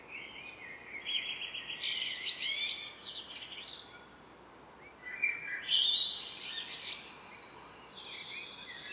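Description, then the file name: Common blackbird song, two phrases about five seconds apart, each a mellow fluted warble ending in bright, scratchy twittering. "Turdus merula"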